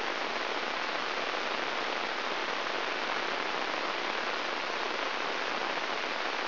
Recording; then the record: brain microelectrode recording played as sound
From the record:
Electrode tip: inside the subthalamic nucleus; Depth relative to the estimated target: 2 mm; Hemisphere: right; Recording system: AlphaMap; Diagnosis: Parkinson's disease